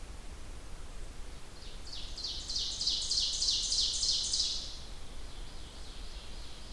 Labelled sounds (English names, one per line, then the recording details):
Ovenbird song
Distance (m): 40 m
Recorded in boreal forest in Alberta, Canada, on 30 June 2016 at 07:10
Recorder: SongMeter 3, array SBT-6-79
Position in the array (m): 215 m, 19 m
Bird 39